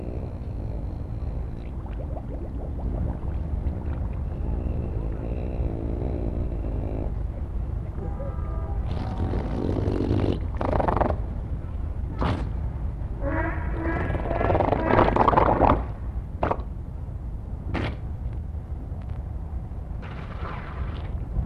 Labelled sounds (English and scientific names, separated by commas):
Harbor Seal (Phoca vitulina)